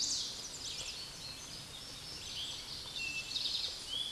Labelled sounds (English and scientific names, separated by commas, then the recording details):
Eastern Towhee (Pipilo erythrophthalmus) song
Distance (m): 25 m
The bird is about 15 m above the microphone
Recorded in a Pennsylvania forest on 16 May 2024 at 08:57
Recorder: AudioMoth, point MSD-1534
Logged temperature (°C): 15.6 °C
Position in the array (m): 61 m, 18 m